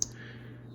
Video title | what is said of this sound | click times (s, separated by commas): Tactile Knife Bexar USA custom blue camo anodized titanium slip joint pocket knife Magnacut blade | once it snaps into place. | 0.0 s